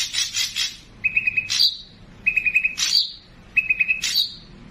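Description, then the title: Streaked spiderhunter song opening with quick chattering notes, then three regular phrases of a short flat trill capped by a piercing downslurred whistle. Lively, clear, long-running song used for training birds. "Pijantung Gunung Gacor Jernih Panjang"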